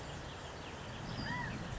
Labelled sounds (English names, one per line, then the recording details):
California Quail
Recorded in Sonoma County, California